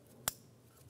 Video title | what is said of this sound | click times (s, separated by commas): How to Replace Upstream O2 Sensor 2013-2017 Honda Accord | and then install the connector push until you hear a click | 0.3 s